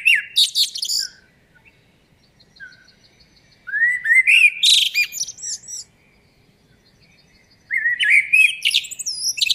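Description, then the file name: Eurasian blackbird singing in separate bursts of squeaky rising whistles and chattering high notes, with quiet gaps between them. "Turdus merula"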